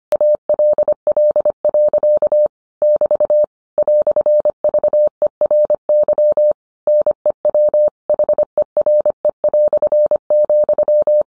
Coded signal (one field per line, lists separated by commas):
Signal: Morse code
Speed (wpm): 25 wpm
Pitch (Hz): 600 Hz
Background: none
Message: ALL. <BT> "VERY NEWHERE",